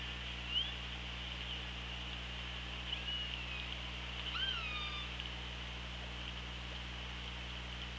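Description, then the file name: Orca whistled calls underwater, a few short sweeping tones with one clear falling whistle, over steady hiss and low hum. OrcaLab hydrophone, 24 August 2017, 16:34. "Orca Lab UTLN JASON 20170824 163412"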